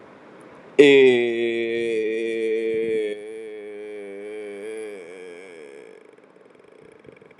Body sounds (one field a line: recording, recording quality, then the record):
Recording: sustained vowel as in made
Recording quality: excellent, no background noise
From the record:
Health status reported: healthy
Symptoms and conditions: none ticked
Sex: male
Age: 25 years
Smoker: yes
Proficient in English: yes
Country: India